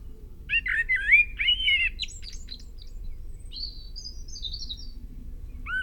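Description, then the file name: Common blackbird song, a rich warbled fluty phrase followed by high scratchy twittering notes, then softer high notes and the start of another phrase. "Turdus merula"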